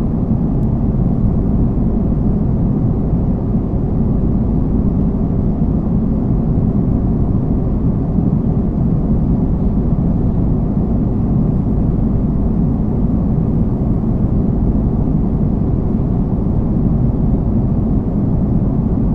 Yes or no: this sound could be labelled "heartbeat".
no